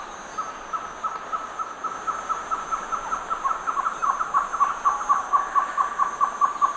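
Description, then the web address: Great antshrike duet: a long series of hollow notes near one pitch that starts soft and grows louder, a second bird's notes interleaved lower, steady hiss behind. Duet, eastern lowlands of South America. "Natures Songs S America Eastern Lowlands. Taraba major, duet"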